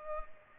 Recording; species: mosquito wingbeat signal from an infrared sensor; Culex pipiens